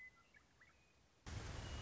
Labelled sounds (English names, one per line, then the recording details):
Western Meadowlark
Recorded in Sonoma County, California